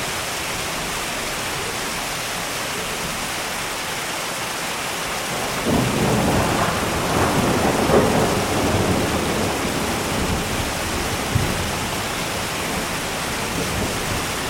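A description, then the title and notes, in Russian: Rain falls in a steady, dense hiss that stays even throughout. Just before the six-second mark a deeper, rumbling layer swells in underneath and stays for the rest of the clip, making the downpour sound heavier and fuller. Дождь и гроза.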